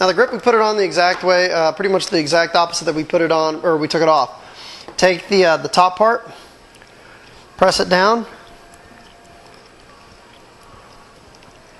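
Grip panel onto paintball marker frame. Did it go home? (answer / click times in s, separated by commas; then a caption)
yes / 11.3 s. A grip panel is pressed down onto the frame of a Dye NT paintball marker and slid forward into place at the bottom. Someone talks for the first eight seconds, followed by quiet handling noise and a faint click at 11.4 s as the grip panel seats.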